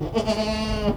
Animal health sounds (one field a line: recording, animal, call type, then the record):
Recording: contact call of a hoofed animal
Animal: goat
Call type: low-frequency (closed-mouth) or high-frequency (open-mouth) call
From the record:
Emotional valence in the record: positive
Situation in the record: food anticipation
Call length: 0.98 s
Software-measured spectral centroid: 2380 Hz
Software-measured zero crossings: 2010 a second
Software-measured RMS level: -24 dBFS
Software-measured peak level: -10 dBFS